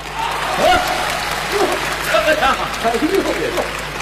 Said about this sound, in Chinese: 还可以，还可以、啊， 怎么样？ 大伙儿还给鼓掌呢， 观众鼓励我呀。